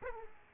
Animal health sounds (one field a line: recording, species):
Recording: mosquito wingbeat signal from an infrared sensor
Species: Aedes aegypti